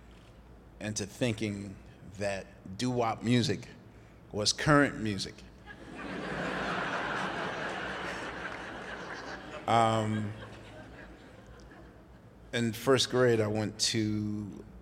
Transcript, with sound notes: into thinking that doo-wop music was current music.
(LAUGHTER)
In first grade, I went to